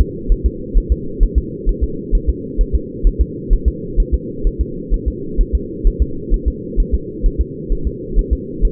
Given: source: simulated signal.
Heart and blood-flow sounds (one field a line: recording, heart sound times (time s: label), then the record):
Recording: fetal heart sounds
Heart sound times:
0.01 s: S2
0.32 s: S1
0.46 s: S2
0.78 s: S1
0.92 s: S2
1.23 s: S1
1.38 s: S2
1.69 s: S1
1.84 s: S2
2.15 s: S1
2.29 s: S2
2.61 s: S1
2.75 s: S2
3.07 s: S1
3.21 s: S2
3.53 s: S1
3.68 s: S2
4.00 s: S1
4.14 s: S2
4.47 s: S1
4.61 s: S2
4.94 s: S1
5.08 s: S2
5.41 s: S1
5.55 s: S2
5.87 s: S1
6.02 s: S2
6.34 s: S1
6.48 s: S2
6.80 s: S1
6.95 s: S2
7.26 s: S1
7.41 s: S2
7.72 s: S1
7.87 s: S2
8.19 s: S1
8.33 s: S2
8.65 s: S1
From the record:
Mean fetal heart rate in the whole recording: 130 bpm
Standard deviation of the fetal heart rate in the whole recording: 2 bpm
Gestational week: 38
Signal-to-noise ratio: -4.3 dB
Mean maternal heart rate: 72 bpm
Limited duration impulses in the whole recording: absent